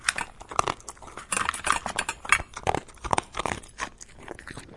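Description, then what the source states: Dog eating, with irregular chomps and clicks scattered throughout, some louder than others. Domestic dog eating and drinking.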